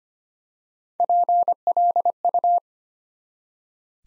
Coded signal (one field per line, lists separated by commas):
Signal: Morse code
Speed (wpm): 25 wpm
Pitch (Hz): 700 Hz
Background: none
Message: PLU